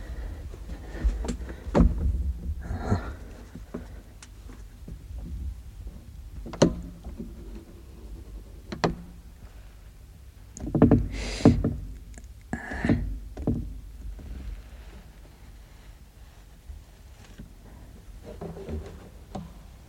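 A door creaks open with drawn-out groaning strains, mixed with scattered wooden knocks and clunks, loudest midway through, over a low rumbling background.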